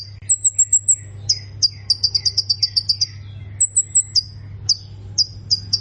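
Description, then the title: Plain prinia singing thin high notes, then fast runs of bright repeated chip notes with short pauses between bursts; a constant low hum runs underneath. "Ciblek Sawah"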